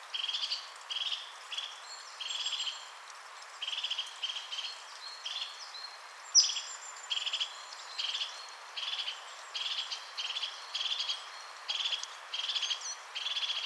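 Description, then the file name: European crested tit song: short buzzy, purring trills repeated roughly every second, high-pitched and rattling, with one sharp thin note midway. "Mésange-huppée-Lophophanes-cristatus"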